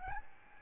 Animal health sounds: mosquito wingbeat signal from an infrared sensor; Aedes albopictus

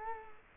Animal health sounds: mosquito wingbeat signal from an infrared sensor; Culex quinquefasciatus

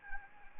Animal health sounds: mosquito wingbeat signal from an infrared sensor; Anopheles arabiensis

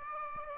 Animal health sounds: mosquito wingbeat signal from an infrared sensor; Aedes aegypti

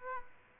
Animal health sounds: mosquito wingbeat signal from an infrared sensor; Aedes aegypti

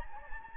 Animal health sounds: mosquito wingbeat signal from an infrared sensor; Anopheles gambiae

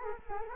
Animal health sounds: mosquito wingbeat signal from an infrared sensor; Culex quinquefasciatus

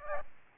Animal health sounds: mosquito wingbeat signal from an infrared sensor; Aedes albopictus

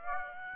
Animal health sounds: mosquito wingbeat signal from an infrared sensor; Aedes aegypti

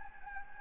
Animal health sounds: mosquito wingbeat signal from an infrared sensor; Anopheles gambiae

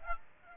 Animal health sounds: mosquito wingbeat signal from an infrared sensor; Aedes aegypti

